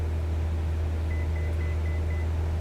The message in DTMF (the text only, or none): none